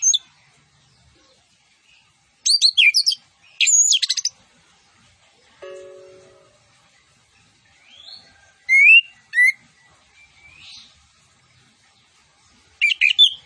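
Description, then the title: Orange-headed thrush song: scattered bursts of chattering and whistled phrases with long quiet gaps, plus a brief low steady tone midway. Lively song with full fill-in phrases, including cililin-style 'tembakan' bursts. "Anis Kembang Gacor. MASTERAN ANIS KEMBANG ISIAN FULL DENGAN TEMBAKAN CILILIN"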